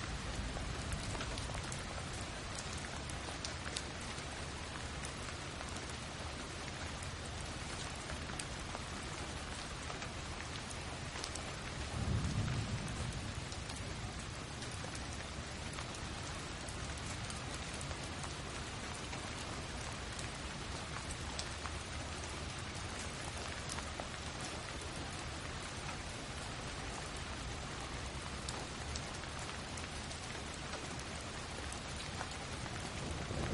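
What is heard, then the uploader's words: Rain showers fall steadily and densely, a close, even hiss of drops on surfaces that fills the whole clip without letting up. Around twelve seconds a brief low rumble swells and fades beneath the downpour. Healing Rain Showers.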